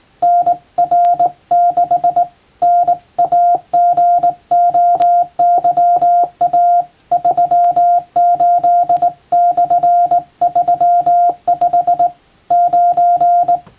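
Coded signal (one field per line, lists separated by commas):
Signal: Morse code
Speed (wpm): 20 wpm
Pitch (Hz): 700 Hz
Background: none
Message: NR6 NAGOYA 38/35 9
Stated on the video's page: Morse practice sending international-alphabet telegrams on a JRC KY-3A professional straight key formerly used on ship stations.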